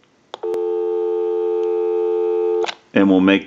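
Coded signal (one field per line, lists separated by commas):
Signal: telephone call progress tone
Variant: North America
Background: speech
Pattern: dial tone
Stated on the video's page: Tone heard through a Western Electric 500 rotary dial telephone during checkout and repair.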